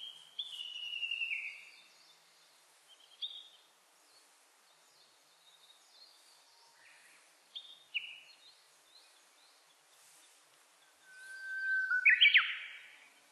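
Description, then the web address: Japanese bush warbler with scattered short descending notes, then near the end a full song: a held low whistle followed by a rapid ornamented flourish. Recorded on 29 April 2001. "2001 010429 uguisu"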